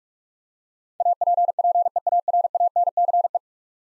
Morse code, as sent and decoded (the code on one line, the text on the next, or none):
.- .--. .--. . .- .-. .- -. -.-. .
APPEARANCE